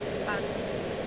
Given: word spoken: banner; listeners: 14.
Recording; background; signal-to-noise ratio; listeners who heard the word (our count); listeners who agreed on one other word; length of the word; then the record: one English word in noise, from a listening test; speech-shaped noise; -6.8 dB; 0 of 14; 6 of 14; 0.67 s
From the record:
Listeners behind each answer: 6, 4, 1, 1, 1, 1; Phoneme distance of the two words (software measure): 20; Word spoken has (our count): 2 syllables, 4 phonemes, stress on syllable 1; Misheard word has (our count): 1 syllable, 4 phonemes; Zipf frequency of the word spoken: 3.54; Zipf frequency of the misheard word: 5.28